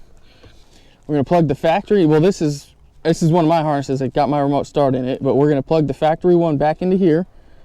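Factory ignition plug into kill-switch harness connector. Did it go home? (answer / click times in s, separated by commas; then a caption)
no / none. A factory ignition plug on a Toyota is handled, about to be plugged back into a kill-switch harness connector with a plastic latch, while a harness holding a remote start is also shown. Someone talks throughout, with only faint background noise between phrases. The plug has not seated or clicked yet by the end.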